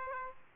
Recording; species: mosquito wingbeat signal from an infrared sensor; Aedes aegypti